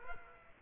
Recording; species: mosquito wingbeat signal from an infrared sensor; Culex quinquefasciatus